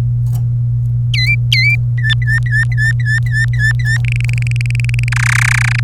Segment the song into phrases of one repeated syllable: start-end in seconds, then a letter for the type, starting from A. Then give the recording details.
1.14-1.75 A, 1.98-3.98 B, 4.04-5.09 C, 5.12-5.80 D. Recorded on 26 April 2018 at 15:44. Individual llb3